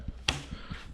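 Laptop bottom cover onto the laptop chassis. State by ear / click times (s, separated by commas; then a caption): seated / 0.3 s. The plastic bottom case of an ASUS FX504GM/FX505 TUF gaming laptop is lined up and pushed down onto the chassis, and a sharp click is heard at 0.3 s as its clips snap home. A few softer low thumps come before and after the click, and the cover is seated.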